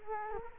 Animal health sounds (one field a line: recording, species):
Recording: mosquito wingbeat signal from an infrared sensor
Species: Culex quinquefasciatus